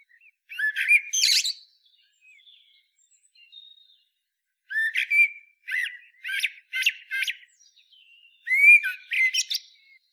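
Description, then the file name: Eurasian blackbird song: several phrases mixing rich whistled notes with shrill, scratchy twitters, separated by quiet gaps. "Turdus merula"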